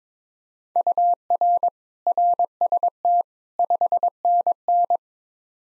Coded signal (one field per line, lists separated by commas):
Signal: Morse code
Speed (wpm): 22 wpm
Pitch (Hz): 700 Hz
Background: none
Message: UR RST 5NN